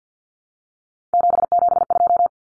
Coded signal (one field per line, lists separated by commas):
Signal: Morse code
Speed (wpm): 50 wpm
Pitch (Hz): 700 Hz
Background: none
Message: 772